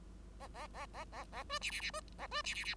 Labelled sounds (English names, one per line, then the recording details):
Bengalese Finch song
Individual Bird5